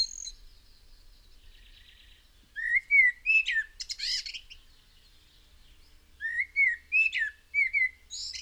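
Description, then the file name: Common blackbird song: two fluty, warbled whistled phrases, each ending in a squeaky high twitter, spaced about four seconds apart with quiet gaps between. "Turdus merula"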